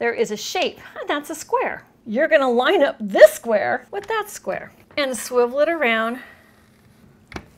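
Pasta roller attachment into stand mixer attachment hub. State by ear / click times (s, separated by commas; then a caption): seated / 7.4 s. Someone talks while the square drive of a pasta roller attachment is lined up with the square socket in a stand mixer's attachment hub and swivelled around. After the talking stops, a single short, sharp tick comes at 7.4 s as the attachment locks into place in the hub.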